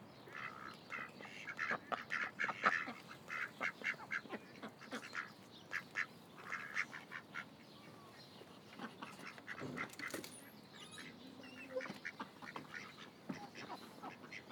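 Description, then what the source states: Ducks giving nasal quacks in irregular bursts. Ducks at Lagoa das Furnas; binaural.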